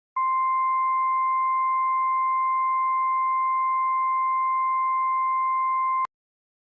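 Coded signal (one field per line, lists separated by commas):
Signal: Emergency Alert System (SAME) tones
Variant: 1050 Hz attention tone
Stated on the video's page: Fake EAS tornado alert.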